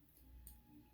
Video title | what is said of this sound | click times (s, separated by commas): Kingdom Huffer the Mule of the group: Blindformers ep 35 | from the body and you can hear those little clicks | 0.2 s, 0.5 s